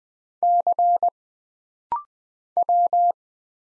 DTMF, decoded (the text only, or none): none